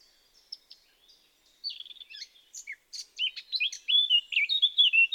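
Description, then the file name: Eurasian blackcap song: soft, scratchy chatter rising into a loud run of clear fluting whistles and warbled notes toward the end. "Sylvia atricapilla"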